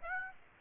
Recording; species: mosquito wingbeat signal from an infrared sensor; Aedes aegypti